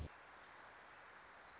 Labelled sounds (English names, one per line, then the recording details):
Wilson's Warbler
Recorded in Sonoma County, California